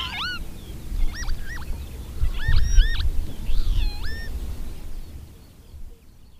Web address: agykontroll Madardalok Cd 3. Bíbic